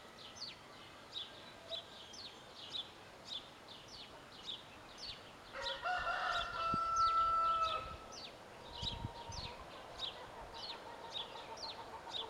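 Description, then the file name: Great tit calls: a steady series of thin high notes throughout, with a rooster crowing in the middle. "Parus major"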